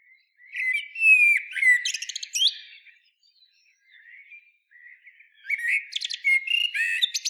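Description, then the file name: Common blackbird song: low fluty warbled phrases running into squeaky high twittering, then a pause and a second phrase of fluted notes with thin high chirps. "Turdus merula"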